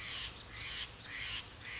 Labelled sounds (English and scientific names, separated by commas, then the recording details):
Steller's Jay (Cyanocitta stelleri)
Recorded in Sonoma County, California